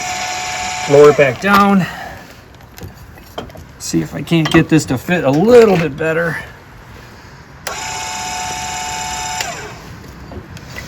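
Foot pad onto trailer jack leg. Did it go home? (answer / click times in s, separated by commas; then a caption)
no / none. An eTrailer electric trailer jack's motor whines steadily from the start to about 2 s while someone talks, then it stops. Near 7.7 s it starts again and runs until about 9.4 s as the jack leg is lowered back down to try again to fit the foot pad onto it. The foot pad has not popped into place on the trailer jack leg; nothing has seated or clicked yet.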